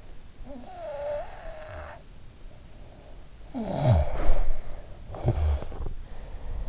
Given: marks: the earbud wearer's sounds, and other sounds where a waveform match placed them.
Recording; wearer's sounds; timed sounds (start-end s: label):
sounds in sleep by an in-ear microphone; snoring breath, body movement
0.06-2.46 s: snoring breath
3.09-6.64 s: snoring breath
3.61-4.86 s: body movement